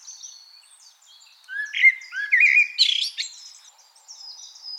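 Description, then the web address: Common blackbird song: one rich, rolling fluted phrase rising into a squeaky flourish, framed by faint high twitters. "SETE Turdus merula"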